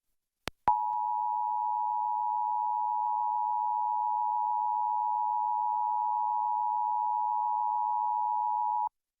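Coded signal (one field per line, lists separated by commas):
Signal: Emergency Alert System (SAME) tones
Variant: 853 and 960 Hz attention tone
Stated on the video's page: EAS tones from Pennsylvania's monthly required test.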